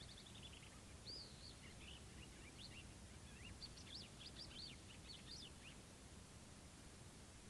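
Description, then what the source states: Bird song: lively bursts of high, sharply rising and falling whistles, packed close together for several seconds, with steady low background hiss. Morning at a desert camp in Morocco.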